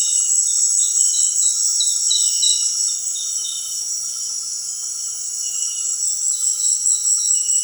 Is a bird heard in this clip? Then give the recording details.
no. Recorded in dense forest near Puerto Asís, Putumayo, Colombia, on 20 February 2024 at 18:30. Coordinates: 0.502, -76.326. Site G6460